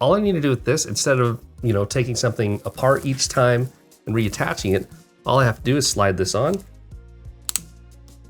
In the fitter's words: and it clicks into place.